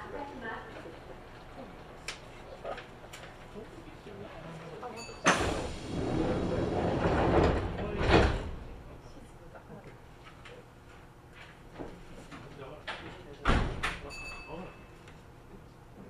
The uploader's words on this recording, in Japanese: 耳で楽しむ鉄道旅 近鉄大阪線 区間準急 大和朝倉→近鉄下田。大和朝倉始発の区間準急大阪上本町行きに乗り換えました。区間準急なので途中の河内山本までは各駅停車となります。